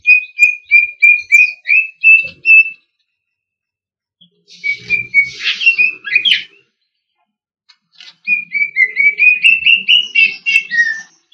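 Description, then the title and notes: Green leafbird song: bright whistled notes repeated in a quick run, a pause, a buzzier warbled stretch, another pause, then a final series of sliding whistles. Local Indonesian name cucak ijo; labelled daun kecil type. "CCKIJDaunKecil. Cucak Ijo"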